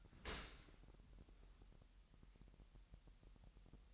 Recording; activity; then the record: daily activity, microphone in the room; open dishwasher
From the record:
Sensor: 3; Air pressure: 998.3 hPa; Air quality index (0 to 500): 149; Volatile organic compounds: 5 ppm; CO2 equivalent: 1784 ppm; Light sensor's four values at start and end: 13/39/15/14 and 13/39/15/14